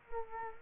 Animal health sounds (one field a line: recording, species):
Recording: mosquito wingbeat signal from an infrared sensor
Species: Culex quinquefasciatus